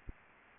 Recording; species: mosquito wingbeat signal from an infrared sensor; Anopheles gambiae